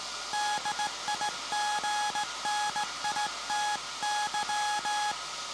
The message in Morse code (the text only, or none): DIGNITY